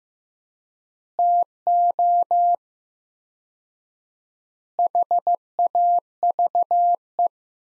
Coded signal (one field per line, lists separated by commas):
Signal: Morse code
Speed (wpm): 15 wpm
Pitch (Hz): 700 Hz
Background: none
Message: TO HAVE